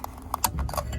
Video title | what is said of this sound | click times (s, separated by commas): Nissan Versa : How to Open the Fuel Cap | Okay, I heard a click, and then simply push the door back and it will stay locked. | 0.0 s, 0.3 s, 0.4 s, 0.6 s, 0.7 s